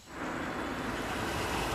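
car pulling up

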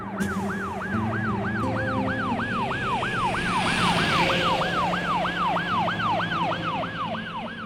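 police car siren passing

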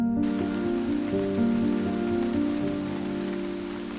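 heavy pouring rain

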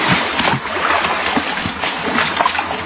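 water splashing

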